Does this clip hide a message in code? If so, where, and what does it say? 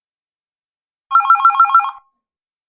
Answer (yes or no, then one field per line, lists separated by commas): no